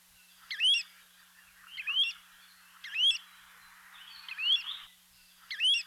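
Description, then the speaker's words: Pacific golden plover song: several clear rising whistled phrases with chattering overtones, repeated at fairly regular intervals. Kolea; song heard in Hawaii only from August to April. "song of the kolea, or Pacific golden plover, can only be heard from August to April in Hawaii."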